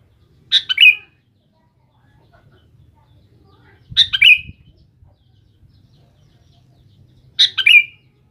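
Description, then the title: Sooty-headed bulbul song: a clear, bubbly phrase of a few quick notes, repeated three times roughly every three and a half seconds against a quiet background. "Kutilang"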